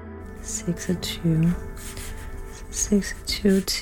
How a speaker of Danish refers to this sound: Du har taget et papir frem og en tus. Ja. Og har lavet en tidslinje på papiret, og nu skriver du 13 til.